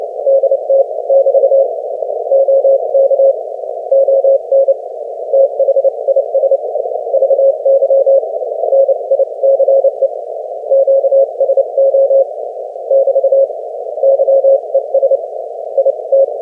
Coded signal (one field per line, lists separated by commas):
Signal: Morse code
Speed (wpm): 26 wpm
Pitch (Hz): 540 Hz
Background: none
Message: DT<BT> OK ON THIS VY NICE QSO <BT> YES IT